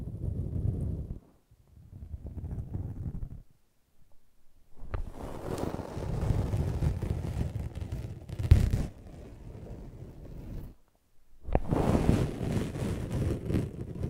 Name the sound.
ASMR Brushing and Scratching